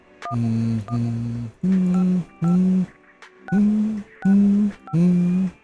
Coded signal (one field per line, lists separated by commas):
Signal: DTMF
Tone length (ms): 120 ms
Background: music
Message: 1155665